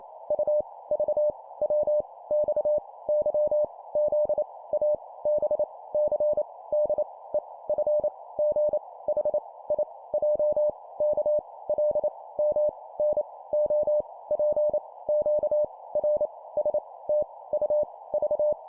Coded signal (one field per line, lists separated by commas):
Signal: Morse code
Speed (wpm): 28 wpm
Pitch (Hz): 600 Hz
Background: none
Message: U V W X Y Z A B C D E F G H I J K L M N O P Q R S T U V